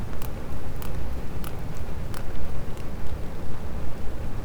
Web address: Physeter Macrocephalus cachalot